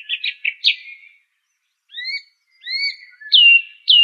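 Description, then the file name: Song thrush song: a quick run of chirping notes, then two upslurred whistles and loud falling whistles at the end. "suara kicauan burung song thrush. omkicau"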